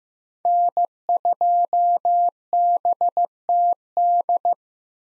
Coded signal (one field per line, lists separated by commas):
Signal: Morse code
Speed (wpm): 15 wpm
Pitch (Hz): 700 Hz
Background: none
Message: N2BTD